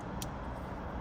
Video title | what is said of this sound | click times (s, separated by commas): Mangoal Dash Cam Review (OEM Look!) | So you connect it inside like this. You'll hear it click like that. | 0.2 s